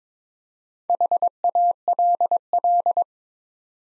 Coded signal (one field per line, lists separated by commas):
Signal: Morse code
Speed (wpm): 23 wpm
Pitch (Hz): 700 Hz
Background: none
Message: HALL